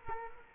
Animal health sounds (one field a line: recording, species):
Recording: mosquito wingbeat signal from an infrared sensor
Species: Culex quinquefasciatus